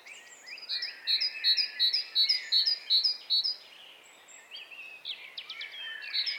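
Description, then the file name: Great tit song, a bright two-note phrase repeated several times in quick, even rhythm, followed by other bird chirps and one more phrase at the end. "Parus major"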